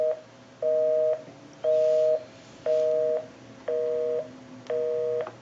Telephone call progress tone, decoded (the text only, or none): busy tone